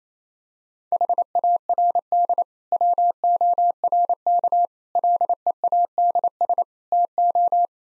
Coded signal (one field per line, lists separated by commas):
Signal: Morse code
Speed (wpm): 28 wpm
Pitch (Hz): 700 Hz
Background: none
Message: HARD WORK LEADS TO